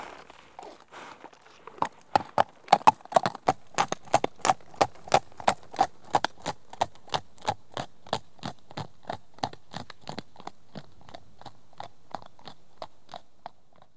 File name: Mon imagier sonore de la nature le cheval